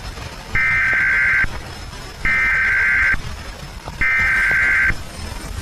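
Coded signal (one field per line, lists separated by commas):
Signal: Emergency Alert System (SAME) tones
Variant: header bursts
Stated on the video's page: Fictional EAS scenario, pure fiction, not a real alert.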